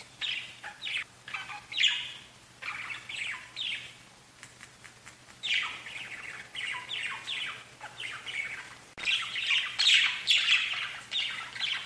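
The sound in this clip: Budgerigar chatter of scratchy chirps and squawks in bursts, quieter at times.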